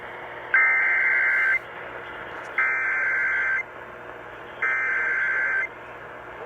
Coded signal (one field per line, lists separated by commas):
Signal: Emergency Alert System (SAME) tones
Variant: header bursts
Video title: Alerts just keep coming EAS# 145-157 7/28/20 - 7/29/20